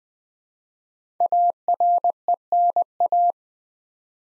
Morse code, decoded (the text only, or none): ARENA